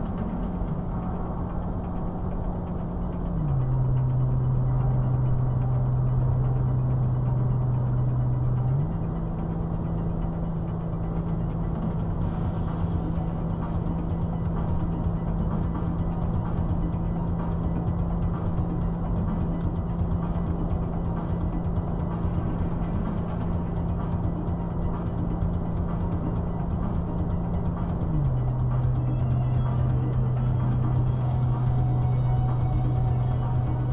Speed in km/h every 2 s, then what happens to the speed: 95, 95, 93, 93, 89, 89, 89, 90, 92, 92, 95, 95, 93, 95, 95, 93, 90.
0-8 slows to 89. 8-34 steady at about 92.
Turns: none.